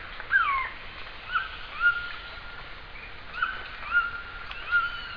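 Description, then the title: Glossy antshrike giving a downward-slurred whistle, then several short notes. "LuckyPassaro Completos2Sama. Glossy Antshrike (Sakesphorus luctuosus)"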